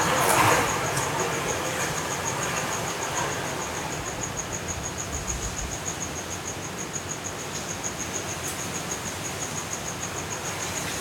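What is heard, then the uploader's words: A hurricane at midnight fills the air with a dense, steady roar of wind and rain, with a louder gust in the first second before it settles. A rapid, evenly pulsing high chirp, likely an insect, runs throughout behind the storm. Hurricane Kay in Los Cabos at Midnight. The hurricane didn't hit the city, but we recorded the sound of the wind, rain and city.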